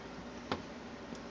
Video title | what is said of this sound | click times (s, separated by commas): Phonak Audeo Perfect Fit Earphone and Perfect Bass Earphone Review | could hear it click just then | 0.5 s